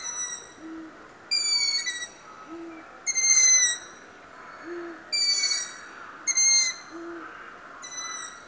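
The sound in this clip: Long-eared owl giving loud, high, squeaky drawn-out calls about every one to two seconds, with soft low hoots between them, over a steady hiss.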